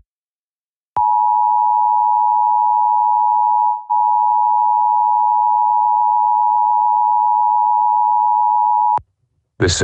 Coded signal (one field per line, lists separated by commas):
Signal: Emergency Alert System (SAME) tones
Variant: 853 and 960 Hz attention tone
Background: speech